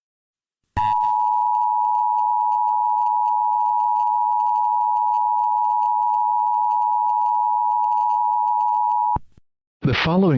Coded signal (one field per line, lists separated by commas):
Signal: Emergency Alert System (SAME) tones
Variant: 853 and 960 Hz attention tone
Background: speech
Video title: EAS Scenario #18 : Sea Level Rise Outbreak (Requested by: @ImperialKentucky2022)